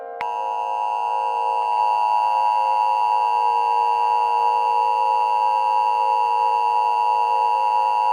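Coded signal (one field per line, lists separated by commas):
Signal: Emergency Alert System (SAME) tones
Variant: 853 and 960 Hz attention tone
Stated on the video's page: Fictional analog-horror EAS scenario.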